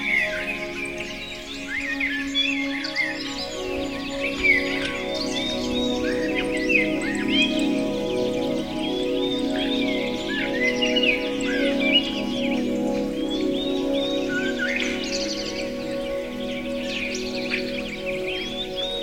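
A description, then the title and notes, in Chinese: Birdsong plays over gentle, relaxing music. Bright chirps and quick trills scatter throughout the clip, some clear, while a soft, sustained low-to-mid tone from the music holds steady underneath at an even level. 鸟鸣声与轻松的音乐。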